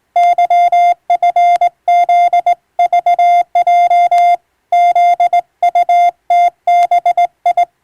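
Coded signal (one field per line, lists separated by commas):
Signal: Morse code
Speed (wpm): 20 wpm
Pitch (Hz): 700 Hz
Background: none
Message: YFZVJ ZUTBI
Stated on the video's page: Morse receiving practice of maritime-style telegram traffic between ship and coast stations, sent by a first-class radiotelegraph operator.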